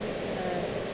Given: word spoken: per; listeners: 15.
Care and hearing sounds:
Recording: one English word in noise, from a listening test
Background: speech-shaped noise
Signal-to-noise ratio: -4.9 dB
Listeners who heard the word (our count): 1 of 15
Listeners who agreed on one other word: 6 of 15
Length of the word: 0.54 s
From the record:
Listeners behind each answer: 6, 1, 1, 1, 1, 1, 1, 1, 1, 1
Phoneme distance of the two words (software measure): 10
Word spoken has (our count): 1 syllable, 2 phonemes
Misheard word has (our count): 1 syllable, 2 phonemes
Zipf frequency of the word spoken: 4.85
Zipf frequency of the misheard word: 6.25

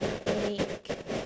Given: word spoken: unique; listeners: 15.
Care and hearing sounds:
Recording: one English word in noise, from a listening test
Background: noise modulated by three-talker babble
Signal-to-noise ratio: -4.9 dB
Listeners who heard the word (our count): 3 of 15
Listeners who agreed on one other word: 6 of 15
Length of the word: 0.87 s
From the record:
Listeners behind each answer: 6, 3, 3, 1, 1, 1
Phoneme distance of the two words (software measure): 24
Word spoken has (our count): 2 syllables, 5 phonemes, stress on syllable 2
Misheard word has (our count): 1 syllable, 3 phonemes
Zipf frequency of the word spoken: 4.66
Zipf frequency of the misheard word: 2.93

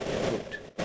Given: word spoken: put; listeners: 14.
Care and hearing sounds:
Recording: one English word in noise, from a listening test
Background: noise modulated by three-talker babble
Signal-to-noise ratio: -4.8 dB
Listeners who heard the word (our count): 3 of 14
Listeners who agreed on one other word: 6 of 14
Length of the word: 0.45 s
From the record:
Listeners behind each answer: 6, 3, 2, 1, 1, 1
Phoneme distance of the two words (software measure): 10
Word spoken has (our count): 1 syllable, 3 phonemes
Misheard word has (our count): 1 syllable, 3 phonemes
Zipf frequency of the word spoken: 5.99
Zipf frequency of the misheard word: 4.92

